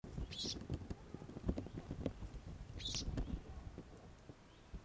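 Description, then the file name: Eurasian blackcap uttering two hard tack notes about two and a half seconds apart, with low knocking and clattering sounds underneath. "Sylvia atricapilla"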